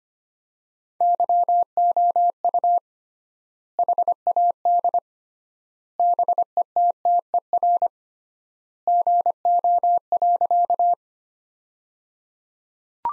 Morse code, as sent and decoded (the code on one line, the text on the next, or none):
-.-- --- ..- / .... .- -.. / -... . - - . .-. / --. --- .-.-.-
YOU HAD BETTER GO.